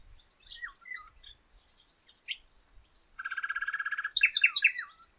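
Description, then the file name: Common nightingale song: scattered chirps, two long high whistles, a rapid repeated churring series, then loud fast repeated notes. "Luscinia megarhynchos"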